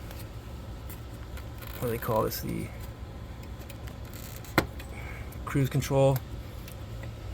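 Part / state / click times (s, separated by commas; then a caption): cruise control cable clip into its holder in the engine bay / seated / 4.6 s. While a strut bar from an Acura TL Type-S is installed under the hood of a 1998–2002 sixth-generation Honda Accord, the cruise control cable clip is pressed back into its holder in the engine bay. Someone talks, and a single sharp snap at 4.6 s marks the clip seating back in place.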